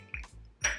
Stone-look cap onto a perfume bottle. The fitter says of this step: I love the stone or concrete cap on this and I love the snap sound it makes